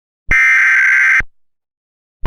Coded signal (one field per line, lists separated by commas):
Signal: Emergency Alert System (SAME) tones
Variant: header bursts